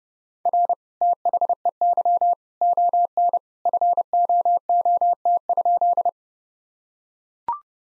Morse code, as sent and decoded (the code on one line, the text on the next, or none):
.-. / - .... . -.-- / --- -. / ..-. --- --- - ..--..
R THEY ON FOOT?